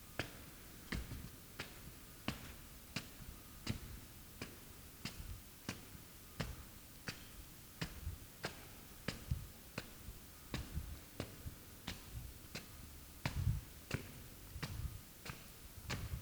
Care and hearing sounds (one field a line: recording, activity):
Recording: daily activity, guitar pickup as the sensor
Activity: walk